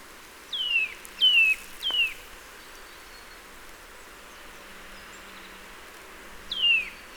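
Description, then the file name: Eurasian nuthatch, a quick run of three falling call notes, then a pause and another call against steady light background noise. "Sitta europaea"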